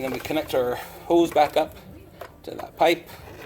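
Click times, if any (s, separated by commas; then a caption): none. A rubber vacuum hose is being pushed back onto the PCV valve pipe of a 2003 Dodge Ram 1500 4.7L during a PCV valve replacement, while someone talks. Only speech and faint handling sounds are heard, and nothing has seated or clicked yet.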